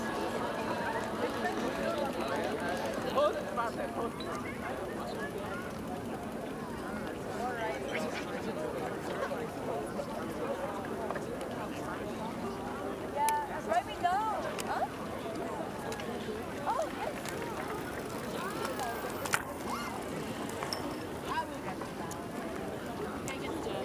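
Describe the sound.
Hundreds of people go about their activities on the Tempelhofer Freiheit in Berlin, a steady, dense murmur of many overlapping voices with no single speaker standing out. Brief sharper sounds pop up now and then, notably around thirteen and nineteen seconds.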